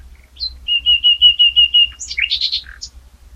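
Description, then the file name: Common nightingale song opening with a series of pure whistled notes, then a quick jumble of sharp chirps. "Luscinia megarhynchos"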